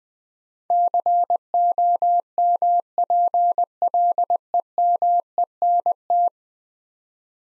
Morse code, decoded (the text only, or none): COMPLEMENT